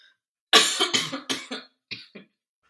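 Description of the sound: A run of about six harsh, dry cough bursts over under two seconds: four strong ones close together, then two weaker trailing coughs. A really severe-sounding dry cough from an adult woman with COVID-19 (Omicron), brought on by a very dry throat from talking continuously.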